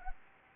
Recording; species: mosquito wingbeat signal from an infrared sensor; Anopheles arabiensis